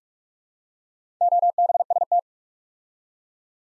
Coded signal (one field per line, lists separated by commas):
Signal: Morse code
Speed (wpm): 44 wpm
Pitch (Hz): 700 Hz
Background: none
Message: OBST